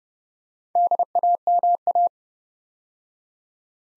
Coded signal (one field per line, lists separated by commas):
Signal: Morse code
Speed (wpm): 30 wpm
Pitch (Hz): 700 Hz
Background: none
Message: DAMA